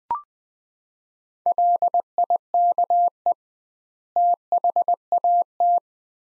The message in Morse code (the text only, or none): LIKE THAT